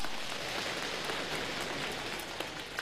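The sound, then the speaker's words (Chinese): An audience of about eight or nine hundred people at Peking University applauds steadily as a crosstalk (xiangsheng) performance begins, a dense crackle of many hands clapping at an even, fairly loud level for about three seconds, with no voices over it. “哎呀，上来就有掌声啊，这掌声是给我的吗？”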